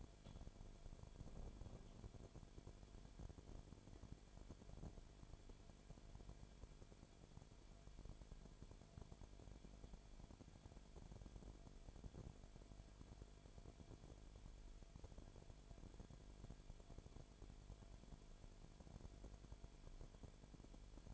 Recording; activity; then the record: daily activity, microphone in the room; no activity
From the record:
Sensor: 5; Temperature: 19.9 degrees Celsius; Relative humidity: 35.6%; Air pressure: 1003.4 hPa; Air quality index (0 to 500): 56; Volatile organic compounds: 1 ppm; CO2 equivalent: 634 ppm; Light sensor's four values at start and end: 2/3/1/1 and 2/3/1/1